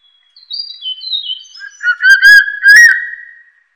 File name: 大冠鷲